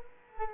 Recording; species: mosquito wingbeat signal from an infrared sensor; Culex quinquefasciatus